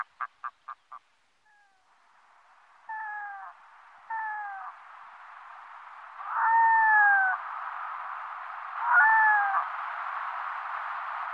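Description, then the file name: Red-throated loon wailing calls: a few quick clipped notes, then drawn-out nasal, slightly falling cries with strong overtones, repeated every one to three seconds over a steady hiss. "Smalom"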